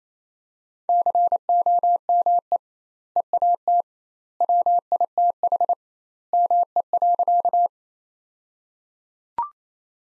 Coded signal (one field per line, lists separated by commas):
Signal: Morse code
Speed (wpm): 28 wpm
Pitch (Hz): 700 Hz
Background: none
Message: COME EAT WITH ME.